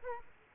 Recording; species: mosquito wingbeat signal from an infrared sensor; Aedes aegypti